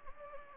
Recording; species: mosquito wingbeat signal from an infrared sensor; Anopheles gambiae